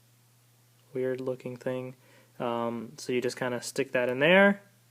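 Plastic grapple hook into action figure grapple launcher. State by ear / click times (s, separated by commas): not seated / none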